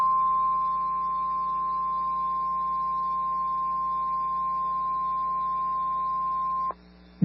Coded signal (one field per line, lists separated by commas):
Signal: Emergency Alert System (SAME) tones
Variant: 1050 Hz attention tone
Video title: Severe Thunderstorm Warning (Hartley and Oldham Counties, TX) (8/2/25) [EAS #210]